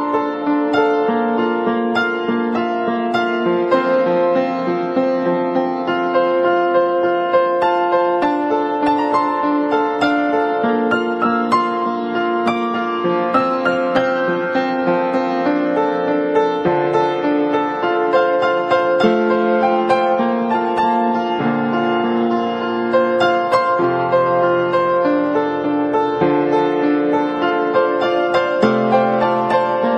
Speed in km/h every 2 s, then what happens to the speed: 46, 48, 46, 47, 46, 43, 39, 35, 35, 40, 39, 38, 35, 32, 28.
0-9 steady at about 46. 9-14 slows to 35. 14-19 steady at about 35. 19-30 slows to 28.